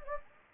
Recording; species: mosquito wingbeat signal from an infrared sensor; Anopheles gambiae